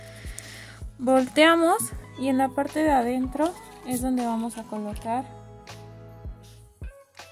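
Someone talks over background music while a crocheted amigurumi owl keychain is turned inside out and the plastic safety backings for its safety eyes, which are already in place, are picked up. Short soft taps occur near 0.4 s and 7.2 s. Nothing has been pressed or clicked onto the eye posts yet.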